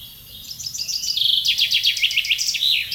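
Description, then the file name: Common chaffinch singing a rattling run of rapid chipping notes that drop step by step and end in a short twirled flourish. "Fringilla coelebs"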